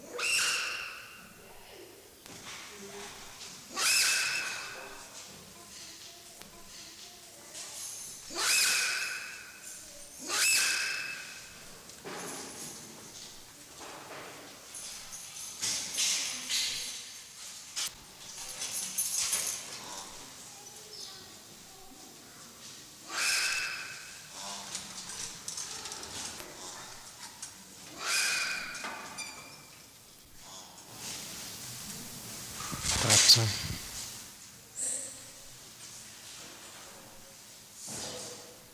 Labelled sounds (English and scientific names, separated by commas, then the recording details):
Diana Monkey (Cercopithecus diana)
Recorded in captivity
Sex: pair
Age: adult
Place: Zoo Leipzig, Sachsen, DE
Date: 2003-10-05 15:01
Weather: bedeckt, 12°C
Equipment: Fair Mate ST-1328 (Asahi Electronics, Japan), Sennheiser ME 80, Kopie Uher 4000 Report Monitor
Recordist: Tembrock, Günter
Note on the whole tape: Männchen: Rufreihe (lief schon) und Weibchen: Laute